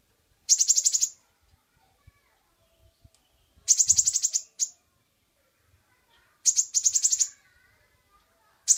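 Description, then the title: Oriental magpie-robin song: dense, buzzy high trills lasting up to about a second, repeated roughly every three seconds. Champion bird singing actively and constantly ('gacor'); masteran (tutor) song. "Kacer Juara Gacor"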